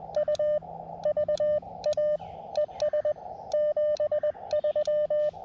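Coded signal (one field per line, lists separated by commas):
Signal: Morse code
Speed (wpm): 20 wpm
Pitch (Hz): 600 Hz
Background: radio noise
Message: U VA ES 73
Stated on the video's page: CW Parks on the Air activation at a state park with an Elecraft KX2 and AX2 antenna with 40m coil.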